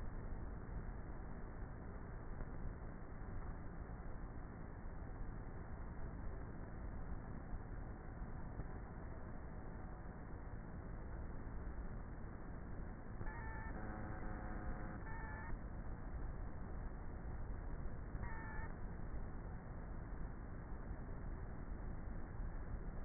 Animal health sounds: honeybee colony, microphone inside the hive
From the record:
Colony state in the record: queenless with a low population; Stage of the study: before two queens were removed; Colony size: about 30,000 bees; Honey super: no

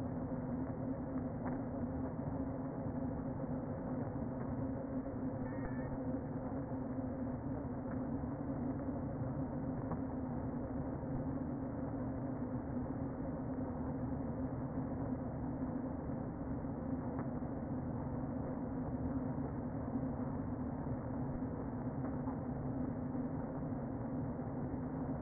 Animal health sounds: honeybee colony, microphone inside the hive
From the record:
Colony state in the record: queen present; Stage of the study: before two queens were removed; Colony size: about 60,000 bees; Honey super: yes

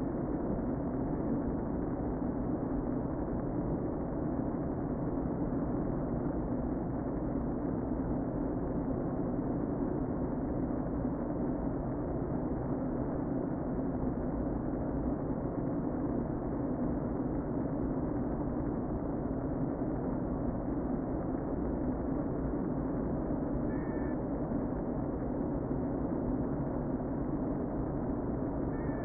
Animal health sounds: honeybee colony, microphone inside the hive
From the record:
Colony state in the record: queen present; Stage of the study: before two queens were removed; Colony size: about 60,000 bees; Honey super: yes

